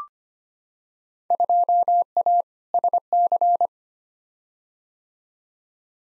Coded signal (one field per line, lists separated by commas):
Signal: Morse code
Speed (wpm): 25 wpm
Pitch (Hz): 700 Hz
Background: none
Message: 2A SC